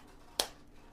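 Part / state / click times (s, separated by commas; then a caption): protective cover onto electric shaver body / seated / 0.4 s. A plastic protective cover is placed on the egg-shaped head of a Vogoe women's electric shaver, lined up on the arrow mark and turned. It gives a single sharp, bright click at 0.4 s against a quiet background. The cover is seated and twist-locked in position.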